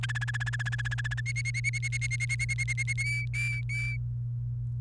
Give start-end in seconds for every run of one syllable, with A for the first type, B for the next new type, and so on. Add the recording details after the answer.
0.03-1.21 A, 1.26-2.93 B, 2.98-3.96 C. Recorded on 29 April 2018 at 05:50. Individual llb3